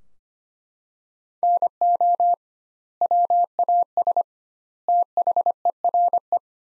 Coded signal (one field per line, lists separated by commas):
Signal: Morse code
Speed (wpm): 25 wpm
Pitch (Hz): 700 Hz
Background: none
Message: NO WAS THERE